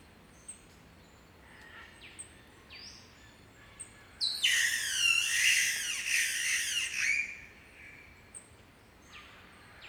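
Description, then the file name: Green catbird giving one long, raucous, cat-like wailing call, rough and nasal and wavering, with a few faint high chirps from other birds around it. "Green Catbird Ailuroedus crassirostris"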